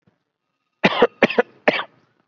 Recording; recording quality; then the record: shallow voluntary cough; excellent, no background noise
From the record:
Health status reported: COVID-19 positive, mild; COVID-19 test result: positive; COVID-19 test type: RT-PCR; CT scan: taken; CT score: 9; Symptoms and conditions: cough, cold, sore throat, fever, fatigue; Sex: male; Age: 35 years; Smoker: no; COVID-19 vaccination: one dose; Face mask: worn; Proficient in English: yes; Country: India